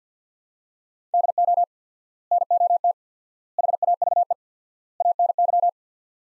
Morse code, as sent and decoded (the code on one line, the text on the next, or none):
-.. --- / -. --- - / .... .- ...- . / .- -. -.--
DO NOT HAVE ANY